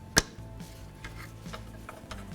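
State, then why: Seated. A metal/plastic retaining clip is pushed back onto the horn bracket of a 2003–2007 Honda Accord before the horn is remounted. A loud, sharp snap at 0.2 s shows the clip seating, followed by a few faint ticks and light handling noise. The clip is seated on the bracket.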